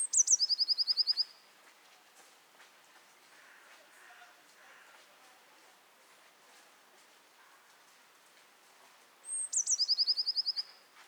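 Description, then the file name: Eurasian blue tit singing two phrases about nine seconds apart, each high sharp notes followed by a rapid even trill, quiet in between. "Cyanistes caeruleus"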